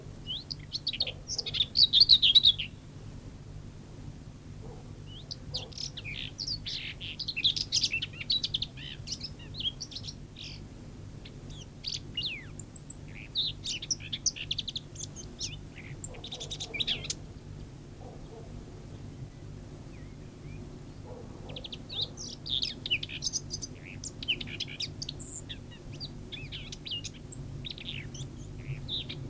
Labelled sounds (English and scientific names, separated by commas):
Common Whitethroat (Sylvia communis) song